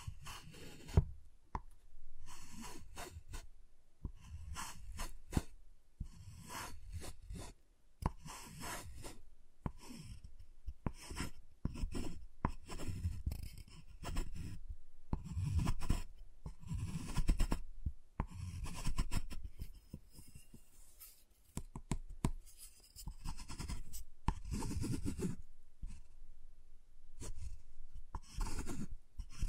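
Tapping, cutting and snapping on a giant chocolate bar, heard as a dense run of short, sharp clicks and knocks with soft scraping between them. The hits come irregularly but almost constantly, low thuds mixed with crisp bright snaps, continuing throughout.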